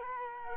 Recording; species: mosquito wingbeat signal from an infrared sensor; Culex quinquefasciatus